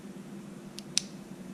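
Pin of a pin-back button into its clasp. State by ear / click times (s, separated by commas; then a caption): seated / 1.0 s. A finger presses the metal pin on the back of a 1-inch badge down until it snaps into its catch. A faint tick at 0.8 s is followed by a sharp, bright click at 1.0 s over a steady low hum. The pin is seated in its clasp.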